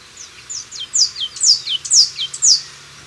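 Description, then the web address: Blue-and-yellow Tanager calls: high, thin downslurred notes, some sharp and bright, in a short irregular series; little else audible. Recorded in Ecuador. "Birds of Ecuador. Blue-And-Yellow Tanager"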